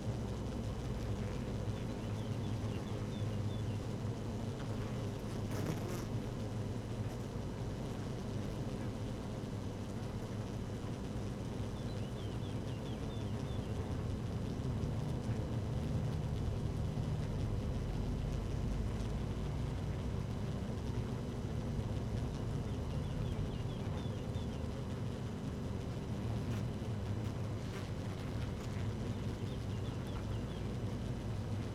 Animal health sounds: honeybee colony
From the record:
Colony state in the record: active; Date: 12 June 2018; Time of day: 13:57

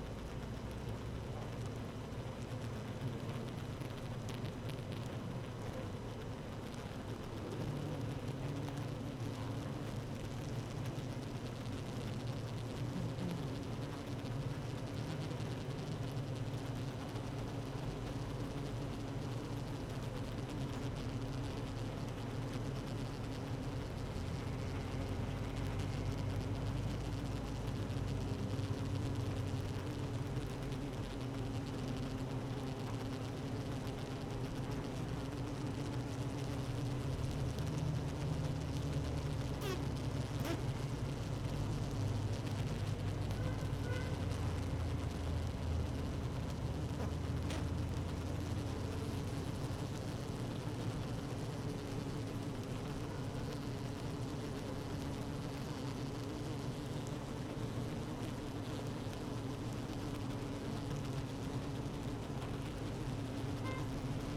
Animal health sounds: honeybee colony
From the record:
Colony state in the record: active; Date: 12 June 2018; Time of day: 15:34

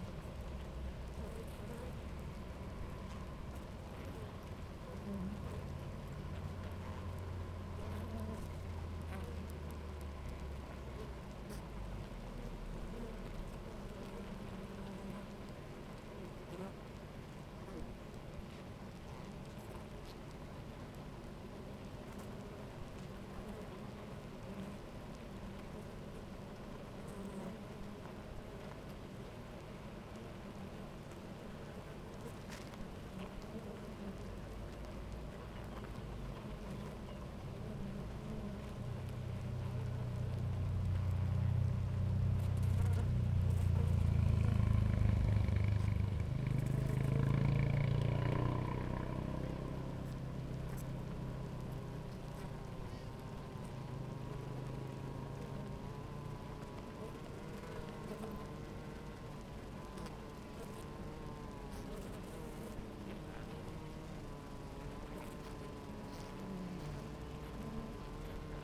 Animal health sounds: honeybee colony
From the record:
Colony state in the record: active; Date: 28 July 2017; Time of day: 11:06

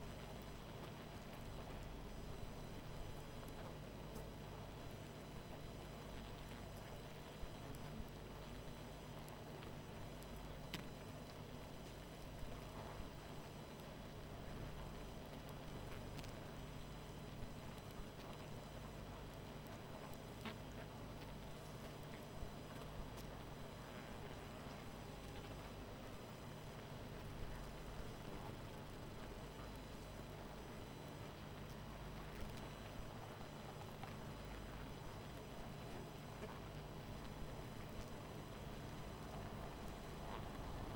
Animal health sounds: honeybee colony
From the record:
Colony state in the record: missing queen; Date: 14 July 2017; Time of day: 20:52

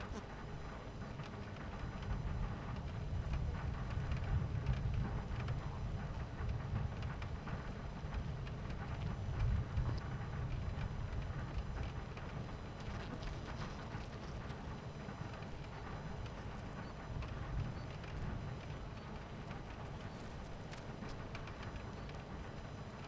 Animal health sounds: honeybee colony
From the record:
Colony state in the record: missing queen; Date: 14 July 2017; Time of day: 11:51

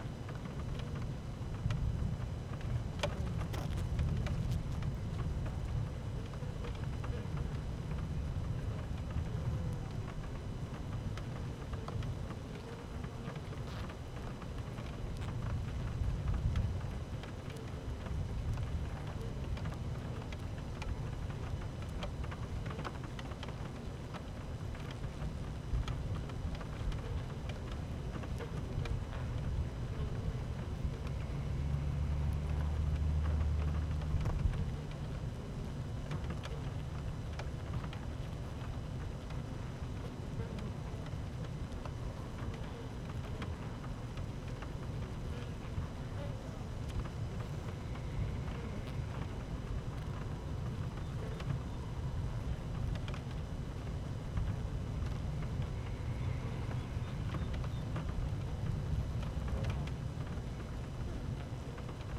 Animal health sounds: honeybee colony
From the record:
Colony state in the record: active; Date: 12 June 2018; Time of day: 12:48

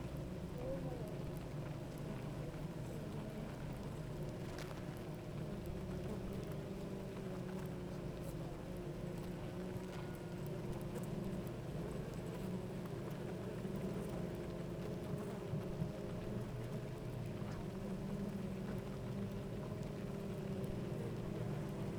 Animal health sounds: honeybee colony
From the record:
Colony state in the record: active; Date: 28 July 2017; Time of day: 8:59

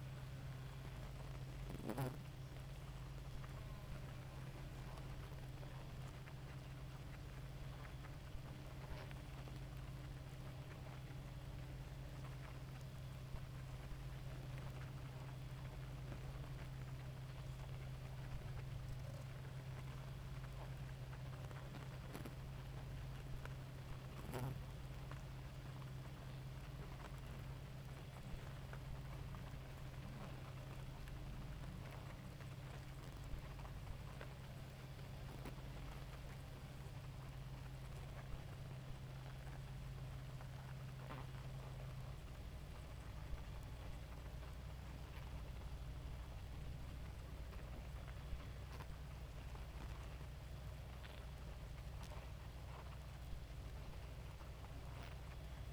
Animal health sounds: honeybee colony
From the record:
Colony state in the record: active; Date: 28 July 2017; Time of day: 2:37

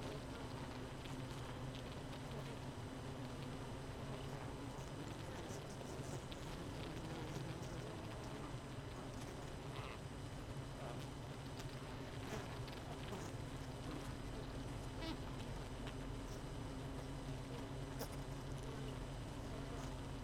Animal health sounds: honeybee colony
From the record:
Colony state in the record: missing queen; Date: 31 May 2018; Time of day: 18:02

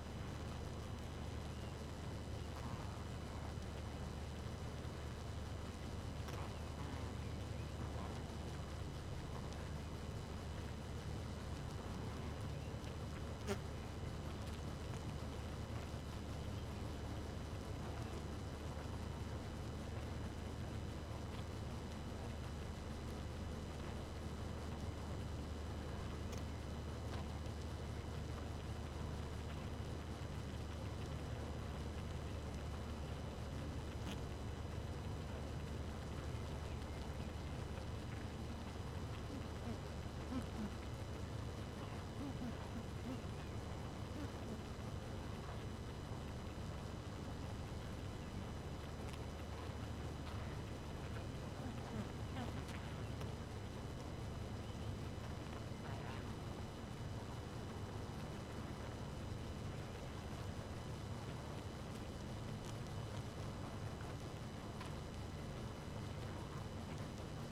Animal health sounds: honeybee colony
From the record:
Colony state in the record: active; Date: 12 June 2018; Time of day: 2:46

